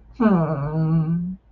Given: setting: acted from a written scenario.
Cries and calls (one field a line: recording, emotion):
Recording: vocal sound without words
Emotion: romantic love